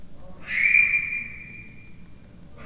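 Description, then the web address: Leopard cub giving one long, high whistled chirp that starts strong then holds level and fades, with another starting at the very end, above a low background hum. Three-month-old captive leopard cub chirping, recorded at Miskolc Zoo, Hungary, in 2009. "allathangok miskolcizoo 2009 standardt leopard haromhonaposkolyokcsipogasa"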